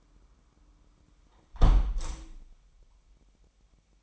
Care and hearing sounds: daily activity, microphone in the room; close window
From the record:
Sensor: 1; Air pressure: 998.6 hPa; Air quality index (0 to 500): 128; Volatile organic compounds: 4 ppm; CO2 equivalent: 1541 ppm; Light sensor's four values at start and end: 9/21/8/10 and 8/20/8/10

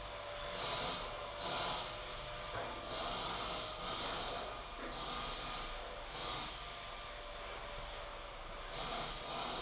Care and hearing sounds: daily activity, microphone in the room; vacuum cleaning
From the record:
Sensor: 5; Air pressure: 992.0 hPa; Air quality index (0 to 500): 175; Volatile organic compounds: 621 ppm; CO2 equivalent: 4959 ppm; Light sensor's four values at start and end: 30/106/39/41 and 31/106/39/41

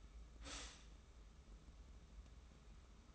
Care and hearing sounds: daily activity, microphone in the room; stop toaster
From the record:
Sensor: 1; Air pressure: 994.5 hPa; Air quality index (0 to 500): 224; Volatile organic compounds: 1000 ppm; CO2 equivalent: 8062 ppm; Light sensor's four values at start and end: 94/210/92/95 and 93/208/92/94

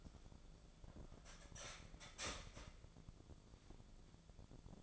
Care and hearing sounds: daily activity, microphone in the room; start toaster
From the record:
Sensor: 5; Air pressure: 1000.3 hPa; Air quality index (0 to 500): 122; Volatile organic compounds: 1 ppm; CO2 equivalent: 974 ppm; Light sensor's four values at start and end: 86/201/86/93 and 86/201/86/93

